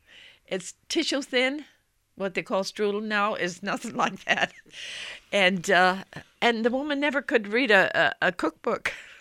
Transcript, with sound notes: It's tissue-thin, what they call strudel now is nothing like that. ( she laughs ) And, uh, and the woman never could read a cookbook.